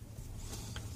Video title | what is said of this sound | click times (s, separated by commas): 2002 Toyota Tundra 9 | snapped in the top which i've done a number of times | 0.8 s